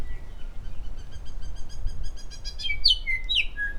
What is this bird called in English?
New Zealand Bellbird